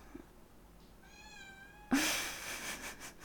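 cat meowing

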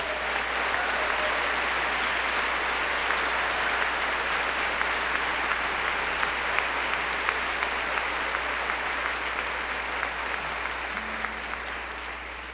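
audience applause

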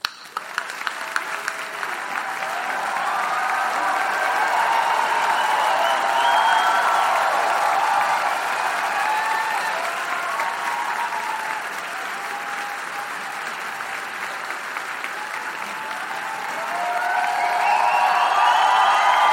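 audience applause

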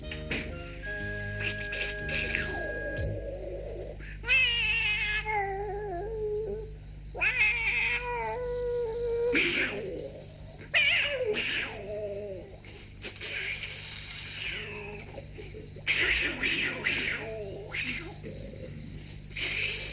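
cat meowing and caterwauling

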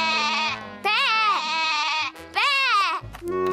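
goat bleating

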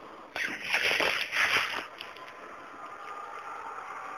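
water splashing

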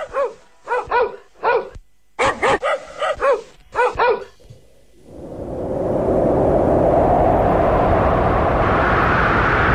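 dogs barking

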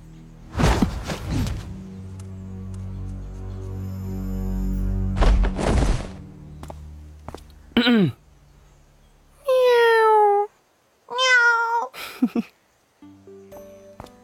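cat meowing

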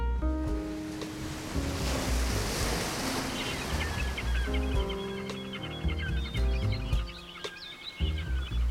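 waves

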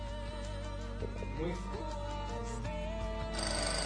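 telephone ringing

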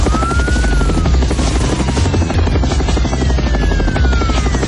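helicopter flying overhead

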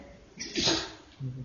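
someone sneezing

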